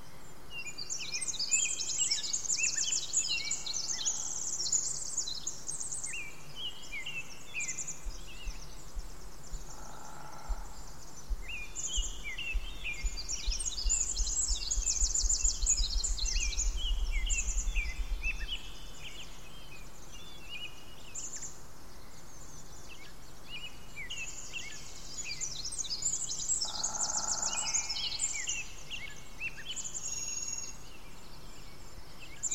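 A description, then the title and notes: A dense chorus of birdsong fills the whole stretch, with many overlapping chirps and trills at a high pitch and no pause. A deep, low rumble swells from about eight to eighteen seconds, and brief muffled calls rise around ten and twenty-seven seconds. Spring is when Olympic is at its most musical. Sounds of Pacific Chorus Frogs, the Varied Thrush, grouse, and many more.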